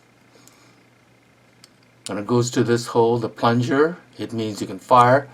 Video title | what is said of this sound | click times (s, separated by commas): Ruger 10/22 Safety Easy Disassembly & Reassembly. Adler RF-224 | that you hear the click from, where it goes. | 0.5 s, 1.6 s